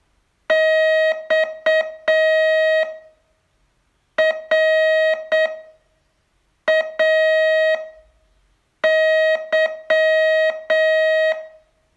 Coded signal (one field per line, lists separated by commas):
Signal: Morse code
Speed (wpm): 7 wpm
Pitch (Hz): 630 Hz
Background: none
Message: XRAY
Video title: Learn Morse in 42 Days from VU2LAU - day 29 test